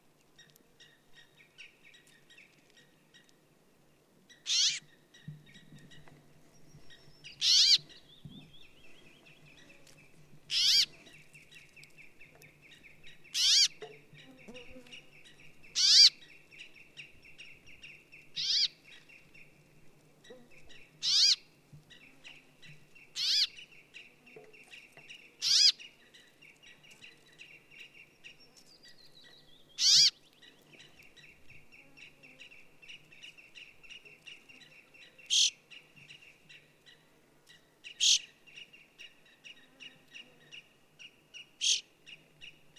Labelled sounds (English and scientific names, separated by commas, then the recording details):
Brambling (Fringilla montifringilla)
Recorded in the wild
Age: adult
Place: Halbinsel Kindo, Karelien, RU
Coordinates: 66.55, 33.1
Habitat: taiga
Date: 1998-06-21 22:38
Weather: no clouds, 12°C, weak easterly winds
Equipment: Aiwa HD-S1, Telinga Pro 5
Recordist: Frommolt, Karl-Heinz